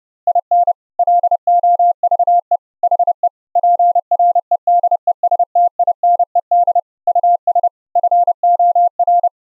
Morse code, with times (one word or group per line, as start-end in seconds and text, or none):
0.3-0.7 IN
1.0-2.6 LOVE
2.8-3.3 HE
3.6-6.8 PREDESTINED
7.1-7.7 US
8.0-9.3 FOR